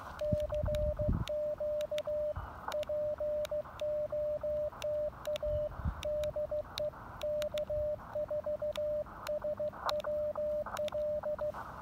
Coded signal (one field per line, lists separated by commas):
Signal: Morse code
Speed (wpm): 15 wpm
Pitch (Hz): 600 Hz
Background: radio noise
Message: CQ POTA DE K4SWL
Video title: Impromptu QRP POTA Activation with the Elecraft KX2 Transceiver and AX1 Antenna